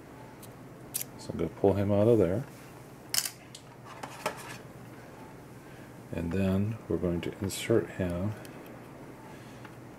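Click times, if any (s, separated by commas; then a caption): none. A freshly imaged micro SD card is handled, pulled out and brought toward the spring-loaded card slot of a Raspberry Pi 2 single-board computer while someone talks. Short, sharp handling ticks and taps sound around 1.0, 3.2, 3.6, 4.0, 4.3 and 6.2 s, with faint ones near 9.7 and 10.0 s. Nothing has seated or clicked into the slot yet.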